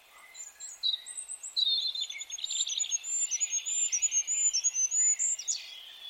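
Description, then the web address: Bird chattering: a few scattered high whistles build into a dense, rapid series of thin piping notes mixed with lower buzzy twitters. "birddata Deverinetal 2025"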